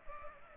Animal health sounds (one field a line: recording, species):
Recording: mosquito wingbeat signal from an infrared sensor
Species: Culex pipiens